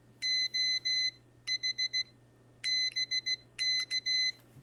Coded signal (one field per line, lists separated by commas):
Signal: Morse code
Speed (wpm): 16 wpm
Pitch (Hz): 2050 Hz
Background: none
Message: OH BK